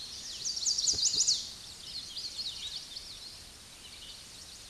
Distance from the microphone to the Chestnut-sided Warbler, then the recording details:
about 15 m. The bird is about 5 m above the microphone. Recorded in a Pennsylvania forest on 16 May 2024 at 09:39. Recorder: AudioMoth, point MSD-2257. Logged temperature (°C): 16.0 °C. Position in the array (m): 171 m, 175 m